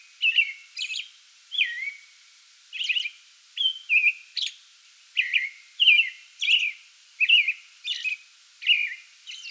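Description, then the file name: American robin in a song bout, warbling whistled phrases following one another with high scratchy squeaks woven in. Song bout recorded 8 May 2022. "2022-05-08 American Robin song bout"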